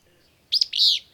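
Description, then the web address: Willow Flycatcher call, two quick buzzy high notes, the second longer and slurred, against a quiet background. "Know Your Bird Sounds Common Western Species 21 a-Willow Flycatcher"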